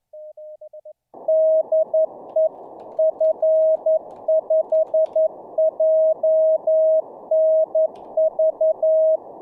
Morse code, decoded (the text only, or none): DE F5JNV